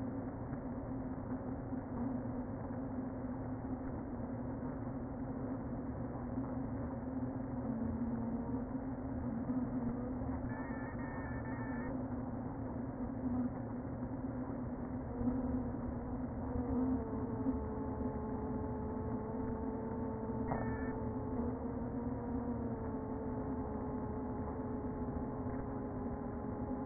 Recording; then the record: honeybee colony, microphone inside the hive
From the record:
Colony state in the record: queen present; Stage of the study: before two queens were removed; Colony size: about 60,000 bees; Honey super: yes